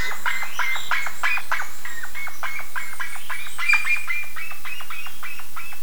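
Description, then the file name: Bird calls: quick clipped notes tumbling over one another, slightly louder at the start and again near four seconds. "SABIOD 50 bird 2015"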